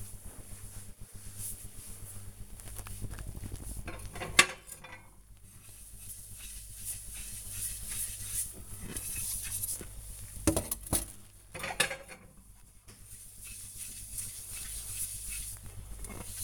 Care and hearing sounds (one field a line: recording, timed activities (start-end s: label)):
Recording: household activities, microphone on the right wrist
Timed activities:
3.33-16.44 s: washing dishes